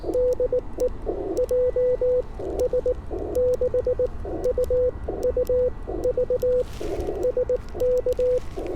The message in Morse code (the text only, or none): DE JS6UUV SK